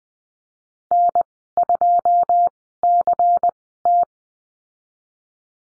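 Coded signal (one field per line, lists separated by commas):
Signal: Morse code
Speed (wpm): 20 wpm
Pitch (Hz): 700 Hz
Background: none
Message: N2CT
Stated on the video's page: Morse code course lesson on letter C and call signs, Farnsworth speed 20/10 wpm.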